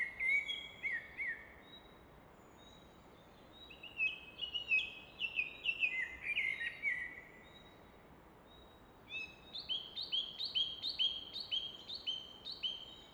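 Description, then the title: Common nightingale singing varied phrases separated by pauses: slurred notes, a jumble of chirps, then a quick series of repeated sharp notes, with steady water noise underneath. Evening song in Fläsch, Switzerland; the rushing of the Rhine in the background is reflected off a rock face; recorded with a Fostex FR2 recorder and MKH 800 microphone. "Fläsch, Schweiz - Abendstimmung Nachtigall"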